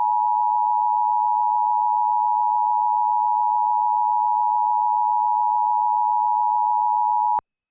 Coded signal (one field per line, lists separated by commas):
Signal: Emergency Alert System (SAME) tones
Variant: 853 and 960 Hz attention tone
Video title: The Creature of Wind | EAS Mock #25